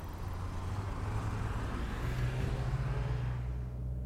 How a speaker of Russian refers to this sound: Через несколько минут машина уже ехала по проселочной дороге, больше похожей на прорытый в лесу неглубокий окоп.